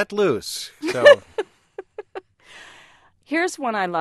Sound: soundbite of laughter

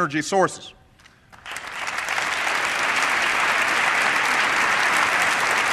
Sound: cheering and applause

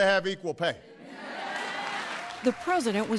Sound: cheering and applause

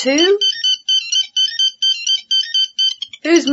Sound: sound of mobile phone

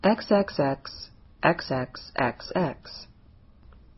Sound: A computerized voice responds

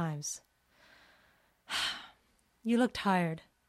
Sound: sigh

